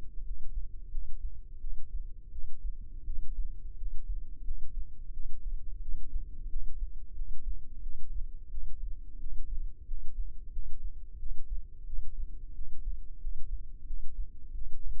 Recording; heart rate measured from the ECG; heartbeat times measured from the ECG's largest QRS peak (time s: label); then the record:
heart sounds by microphone in the left ear; 88 bpm
0.22 s: heartbeat
0.89 s: heartbeat
1.58 s: heartbeat
2.30 s: heartbeat
3.04 s: heartbeat
3.75 s: heartbeat
4.42 s: heartbeat
5.11 s: heartbeat
5.80 s: heartbeat
6.48 s: heartbeat
7.13 s: heartbeat
7.80 s: heartbeat
8.49 s: heartbeat
9.18 s: heartbeat
9.85 s: heartbeat
10.50 s: heartbeat
11.17 s: heartbeat
11.84 s: heartbeat
12.52 s: heartbeat
13.18 s: heartbeat
13.84 s: heartbeat
14.52 s: heartbeat
From the record:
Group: healthy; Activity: rest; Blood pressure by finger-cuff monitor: 69/50 mmHg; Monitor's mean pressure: 57 mmHg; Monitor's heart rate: 88 bpm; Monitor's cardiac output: 6.7 L/min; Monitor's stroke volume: 76 mL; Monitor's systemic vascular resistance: 600 dyn s/cm5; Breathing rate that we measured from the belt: 19 breaths a minute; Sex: female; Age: 19 years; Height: 163 cm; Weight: 48.9 kg